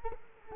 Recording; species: mosquito wingbeat signal from an infrared sensor; Culex quinquefasciatus